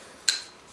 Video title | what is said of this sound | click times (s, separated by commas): Blackhawk Knives Product Line, Overview | It just doesn't click open because of the button, but it does lock. | 0.3 s